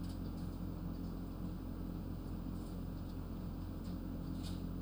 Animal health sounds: poultry house recording; no chicken sound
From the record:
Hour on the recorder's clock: 22

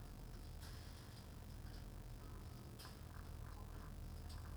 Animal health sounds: poultry house recording; sick chickens (respiratory disease)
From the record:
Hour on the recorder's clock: 16

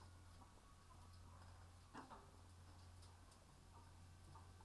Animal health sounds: poultry house recording; sick chickens (respiratory disease)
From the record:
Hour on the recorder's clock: 15

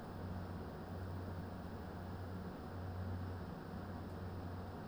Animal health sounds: poultry house recording; no chicken sound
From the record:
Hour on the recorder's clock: 22

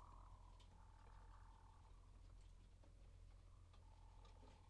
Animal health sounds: poultry house recording; healthy chickens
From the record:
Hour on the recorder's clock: 0

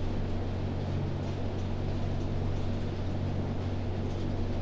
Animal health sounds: poultry house recording; no chicken sound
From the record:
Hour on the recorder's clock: 3

